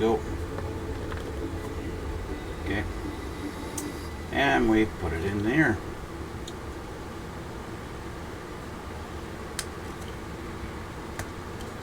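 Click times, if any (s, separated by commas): 9.6 s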